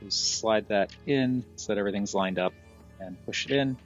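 Someone talks while sliding the plastic torso of a Nemesis Prime transforming robot toy in under the bumper clip of its body, lining everything up and starting to push it in. Nothing has seated or clicked yet.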